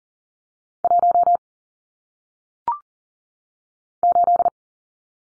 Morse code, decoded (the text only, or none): 1 8